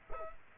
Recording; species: mosquito wingbeat signal from an infrared sensor; Culex quinquefasciatus